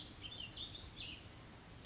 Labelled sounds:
Chestnut-backed Chickadee (Poecile rufescens)
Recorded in Sonoma County, California

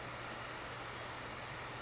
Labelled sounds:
California Towhee (Melozone crissalis)
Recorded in Sonoma County, California

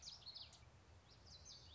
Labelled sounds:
Common Yellowthroat (Geothlypis trichas)
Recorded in Sonoma County, California

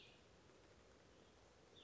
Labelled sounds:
Cassin's Vireo (Vireo cassinii)
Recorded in Sonoma County, California

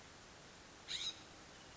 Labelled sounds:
California Scrub-Jay (Aphelocoma californica)
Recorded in Sonoma County, California

